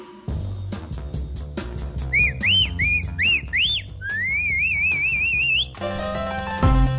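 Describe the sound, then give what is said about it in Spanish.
An ice cream vendor's whistle, announcing the vendor's arrival, sounds a series of short, swooping, high-pitched notes, then a longer rising trill, over steady rhythmic music with a thumping beat. “Ahí está el silbido.”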